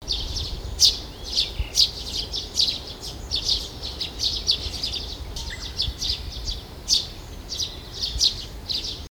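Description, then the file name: Eurasian tree sparrow chirping: short, high chirps repeated steadily about twice a second throughout, over a constant low rumbling background noise. "suzume"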